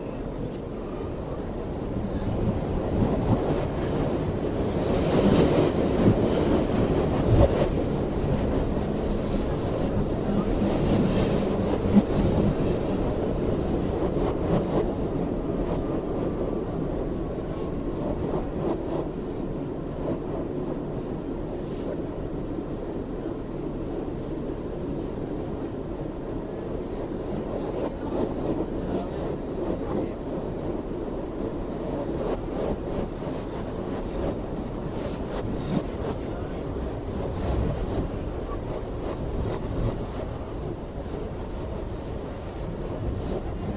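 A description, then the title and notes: A subway train rumbles steadily underground, a dense low roar with rattling bursts around five and twelve seconds and faint squeals throughout. Recorded by Dan Bodah on the 3 train between Clark Street and Atlantic Avenue in Brooklyn, NY, Summer 2008.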